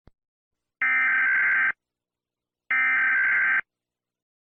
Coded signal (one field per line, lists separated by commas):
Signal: Emergency Alert System (SAME) tones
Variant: header bursts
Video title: EAS Scenario - The Deadly Big One